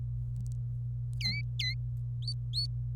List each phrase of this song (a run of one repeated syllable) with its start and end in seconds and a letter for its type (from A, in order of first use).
1.20-1.74 A, 2.22-2.67 B